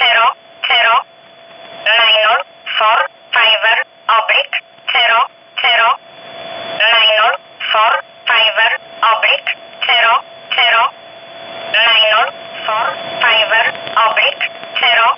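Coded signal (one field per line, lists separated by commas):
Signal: numbers station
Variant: E11, English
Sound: female voice reading single digits evenly spaced, about 13 words, through radio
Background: radio static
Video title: 03 06 2019 E11 Oblique Numbers station in English 0640 on 15800 unknown tx site in USB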